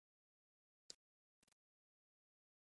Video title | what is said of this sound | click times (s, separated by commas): How to weave European 4-1 | and sometimes you can listen for that click to make sure you have a good closure | 0.9 s